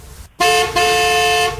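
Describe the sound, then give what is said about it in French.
A car horn honks loudly with a steady, brassy tone, a short blast followed right away by a longer sustained one, with no voices over it. “On va jouer à un concert de klaxon.”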